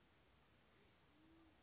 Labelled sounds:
Band-tailed Pigeon (Patagioenas fasciata)
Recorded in Sonoma County, California

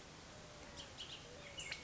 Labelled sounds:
Bullock's Oriole (Icterus bullockii)
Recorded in Sonoma County, California

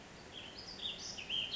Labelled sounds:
Ash-throated Flycatcher (Myiarchus cinerascens)
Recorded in Sonoma County, California

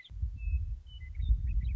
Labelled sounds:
Western Meadowlark (Sturnella neglecta)
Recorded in Sonoma County, California

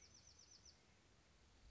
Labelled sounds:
Bewick's Wren (Thryomanes bewickii)
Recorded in Sonoma County, California

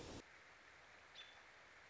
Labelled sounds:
American Robin (Turdus migratorius)
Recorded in Sonoma County, California

